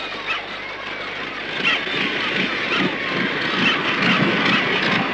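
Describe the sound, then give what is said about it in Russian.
A red-and-white propeller airplane on a field winding down as its propeller gradually stops: a broad, rough whirring roar that stays fairly even in loudness, with faint, indistinct voices of local people mixed underneath. “Самолет красно-белого цвета. У него постепенно останавливается пропеллер.”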